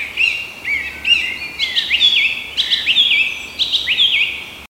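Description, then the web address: Song thrush singing clear whistled phrases, short motifs repeated several times, with brief pauses between the loud bright notes. "oeko hecke vogel sounds turdus philomelos"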